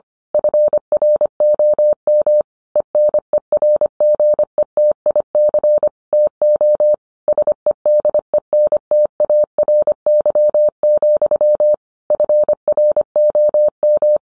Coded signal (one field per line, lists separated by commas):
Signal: Morse code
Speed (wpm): 25 wpm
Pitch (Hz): 600 Hz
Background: none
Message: FROM ENERGETIC TO SEDENTARY, FROM